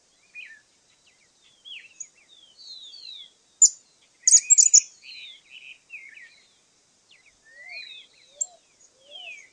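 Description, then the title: Cattle tyrant calls: a loud burst of high, sharp twittering notes near the middle, among many thin, down-slurred whistles and a few soft, lower notes near the end. Subspecies Machetornis rixosa rixosa. "LuckyPassaro Completos2Sama. Cattle Tyrant (Machetornis rixosa rixosa)"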